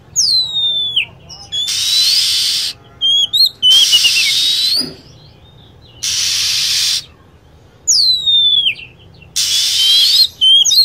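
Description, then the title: Lovebird calls: falling whistled notes and clipped chirps, alternating with long harsh screeches and brief silent gaps. Lure sound for attracting lovebirds. "PIKAT BURUNG LOVEBIRD"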